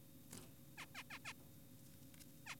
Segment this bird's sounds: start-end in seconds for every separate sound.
0.78-0.86, 0.95-1.03, 1.10-1.19, 1.25-1.33, 2.46-2.56